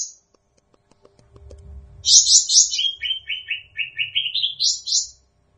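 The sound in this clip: Bird song opening with a high buzzy trill, then a long series of rapid chirps that dip lower and climb back up in pitch.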